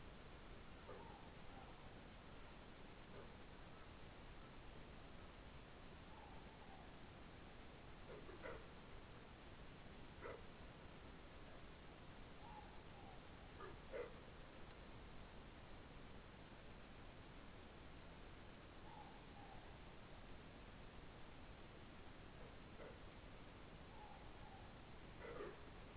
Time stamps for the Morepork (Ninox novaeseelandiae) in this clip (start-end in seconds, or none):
0.78-1.79, 5.89-6.91, 12.34-13.24, 18.74-19.66, 23.78-24.70